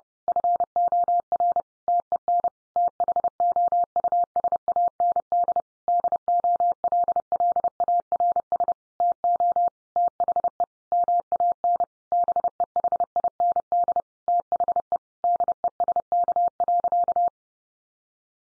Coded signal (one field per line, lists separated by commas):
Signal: Morse code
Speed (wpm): 30 wpm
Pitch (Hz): 700 Hz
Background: none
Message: FOR TEN THOUSAND DOLLARS TO THE MAN BEHIND THE DESK.